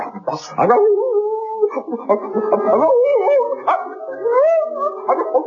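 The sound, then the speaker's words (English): A dog named Kip howls in long, wavering, mid-pitched tones that rise and fall, broken by a few sharp barks, vocalizing continuously and fairly loudly for several seconds. “The dog's fixing drinks, yeah.”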